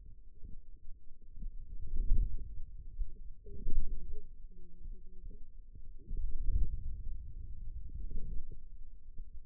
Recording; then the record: forearm muscle sounds (acoustic myography)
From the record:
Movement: inward rotation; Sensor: system 2, bracelet of six BSWA MPA416 microphones around the upper forearm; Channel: 3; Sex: female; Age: 21 years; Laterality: right